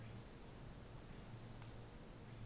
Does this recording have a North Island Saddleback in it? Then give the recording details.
no. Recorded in New Zealand on 24 December 2018. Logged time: 14:00